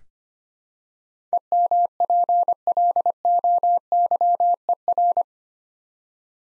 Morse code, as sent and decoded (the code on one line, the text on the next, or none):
. -- .--. .-.. --- -.-- . .-.
EMPLOYER